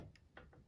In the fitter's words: click it into place. You might need to apply a bit of force, but that's okay.